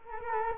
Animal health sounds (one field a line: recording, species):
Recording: mosquito wingbeat signal from an infrared sensor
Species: Culex quinquefasciatus